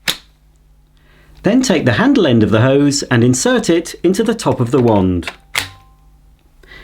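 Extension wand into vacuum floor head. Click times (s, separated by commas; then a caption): 0.1 s. A sharp click at 0.1 s as the plastic extension wand of a Shark cordless upright Lift-Away vacuum is pushed down into the powered floor head, Shark logo facing forward, and clicks into position. Someone then talks over a quiet background, with another brief sharp hit near 5.6 s.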